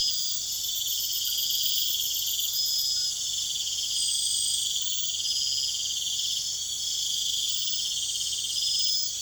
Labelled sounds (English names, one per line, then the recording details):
none
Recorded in secondary vegetation near Puerto Asís, Putumayo, Colombia, on 24 June 2025
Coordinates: 0.488, -76.319
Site G094